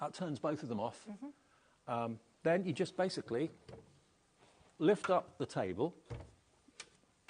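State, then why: Seated. Someone talks while the folding table is lifted, and then a really good quality metal clasp is swung across to latch the folded table closed. A sharp click is heard at 6.8 s as the clasp latches shut.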